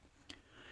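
A charging cable plug is pushed into the charging port of a Samsung Galaxy S7 Active, shown for contrast with the loose-fitting port of a Samsung Galaxy J7V (2017). A short, sharp click at 0.3 s marks the plug seating firmly into place.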